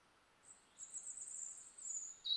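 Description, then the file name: European robin song: very high, thin, drawn-out notes with a slight trill, then a sudden lower, brighter note at the very end. "Erithacus rubecula"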